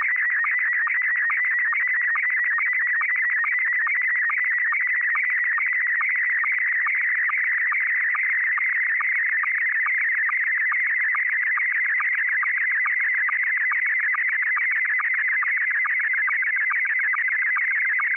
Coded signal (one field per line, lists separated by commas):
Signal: SSTV (slow-scan television)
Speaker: I've selected a photo already on here of me holding a cassette tape which is fitting so what we're going to do is we're going to set up the Tascam 112 cassette deck to record